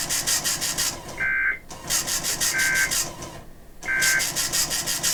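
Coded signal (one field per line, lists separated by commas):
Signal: Emergency Alert System (SAME) tones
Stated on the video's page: Child abduction emergency alerts relayed on an internet stream station and an AM station.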